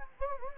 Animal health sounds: mosquito wingbeat signal from an infrared sensor; Anopheles gambiae

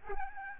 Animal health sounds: mosquito wingbeat signal from an infrared sensor; Aedes albopictus

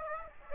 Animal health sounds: mosquito wingbeat signal from an infrared sensor; Aedes aegypti

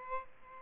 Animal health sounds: mosquito wingbeat signal from an infrared sensor; Aedes albopictus

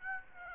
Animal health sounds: mosquito wingbeat signal from an infrared sensor; Aedes aegypti

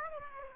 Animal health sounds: mosquito wingbeat signal from an infrared sensor; Aedes aegypti

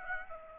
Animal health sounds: mosquito wingbeat signal from an infrared sensor; Aedes aegypti

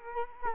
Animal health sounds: mosquito wingbeat signal from an infrared sensor; Culex quinquefasciatus

